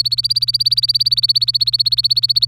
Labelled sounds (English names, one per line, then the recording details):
Domestic Canary song
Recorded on 24 April 2018 at 12:46
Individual llb3